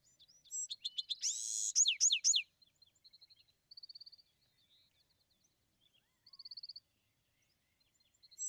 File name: Bewick's Wren